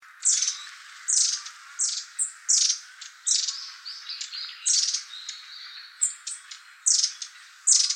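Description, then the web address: Long-tailed tit calls: short, very high, thin notes in loose irregular bursts, with a few softer, lower notes between them. Recorded on 23 January 2014. "birdenaga enaga"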